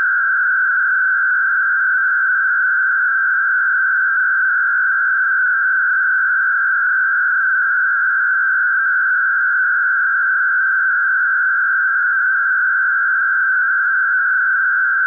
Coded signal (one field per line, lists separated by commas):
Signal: MT63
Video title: Daily Minutes DATA - Use Fldigi - Set RxID on